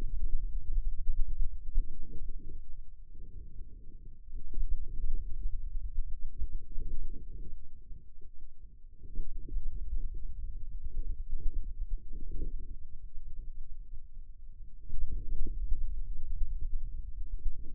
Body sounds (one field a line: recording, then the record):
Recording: forearm muscle sounds (acoustic myography)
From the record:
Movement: hand opening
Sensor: system 2, bracelet of six BSWA MPA416 microphones around the upper forearm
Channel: 5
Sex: male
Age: 22 years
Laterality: right